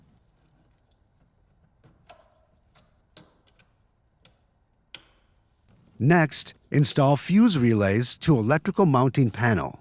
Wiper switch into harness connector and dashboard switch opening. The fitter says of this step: align to switch and connect the switch to harness connector and snap into place in the dashboard.